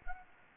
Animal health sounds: mosquito wingbeat signal from an infrared sensor; Anopheles gambiae

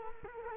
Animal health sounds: mosquito wingbeat signal from an infrared sensor; Culex quinquefasciatus

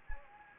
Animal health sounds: mosquito wingbeat signal from an infrared sensor; Anopheles gambiae

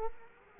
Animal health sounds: mosquito wingbeat signal from an infrared sensor; Culex quinquefasciatus

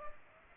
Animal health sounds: mosquito wingbeat signal from an infrared sensor; Culex pipiens

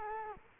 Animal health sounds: mosquito wingbeat signal from an infrared sensor; Culex quinquefasciatus

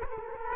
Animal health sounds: mosquito wingbeat signal from an infrared sensor; Culex quinquefasciatus

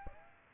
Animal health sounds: mosquito wingbeat signal from an infrared sensor; Aedes aegypti

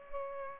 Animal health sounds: mosquito wingbeat signal from an infrared sensor; Culex pipiens

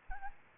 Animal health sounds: mosquito wingbeat signal from an infrared sensor; Aedes albopictus

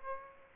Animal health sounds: mosquito wingbeat signal from an infrared sensor; Aedes aegypti

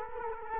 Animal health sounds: mosquito wingbeat signal from an infrared sensor; Culex quinquefasciatus

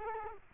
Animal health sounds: mosquito wingbeat signal from an infrared sensor; Culex quinquefasciatus

